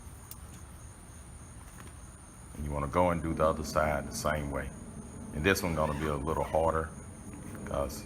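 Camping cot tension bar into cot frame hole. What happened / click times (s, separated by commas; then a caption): The tension bar snapped into its frame hole / 0.3 s. The second end of a camping cot's tensioning bar is pressed and pulled into the hole in the cot frame, stretching the polyester bed fabric tight, and it snaps in place with a sharp click at 0.3 s. Then someone talks over a steady high insect-like drone.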